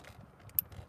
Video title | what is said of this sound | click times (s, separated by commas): Live avec S3xycars montage Frunk TM3 Perf | on entend bien le clipse | 0.6 s